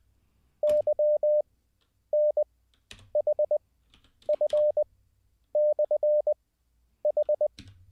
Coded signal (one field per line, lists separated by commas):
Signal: Morse code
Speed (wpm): 20 wpm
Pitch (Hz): 600 Hz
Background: none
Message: Y N H F / H